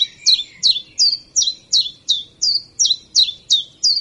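Common chiffchaff song of crisp, high, evenly spaced notes, nearly three each second, steady throughout against a quiet background.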